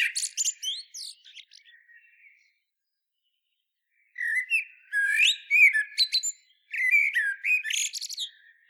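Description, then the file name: Common blackbird song: mellow whistled notes mixed with high squeaks and twittering, in phrases separated by pauses. "Turdus merula"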